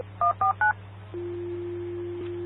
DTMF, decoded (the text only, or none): 149